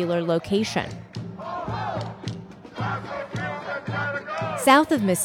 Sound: nats: protest

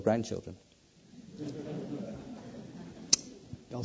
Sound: laughter

